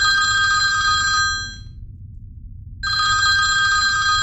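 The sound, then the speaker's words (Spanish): A telephone bell rings in two long bursts separated by a pause of over a second, bright and loud with a shrill metallic tone, over a steady low rumble that continues throughout. “¿No vas a coger el teléfono?”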